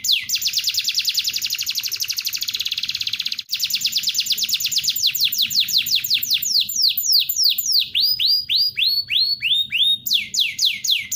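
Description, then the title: Canary song opening with a long rapid trill, a brief pause, then chains of fast descending whistled notes varying in pitch. Tutor song of a national contest champion canary. "Masteran Kenari Lomba Juara Nasional"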